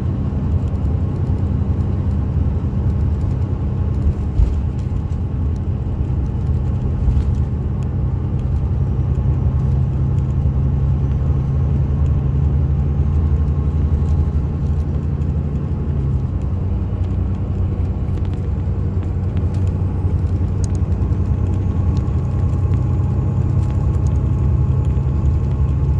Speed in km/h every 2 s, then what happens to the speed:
74, 74, 76, 76, 77, 81, 84, 84, 84, 85, 87, 89, 92.
0-26 speeds up to 92.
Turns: none.